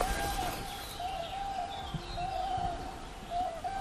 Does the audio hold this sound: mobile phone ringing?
no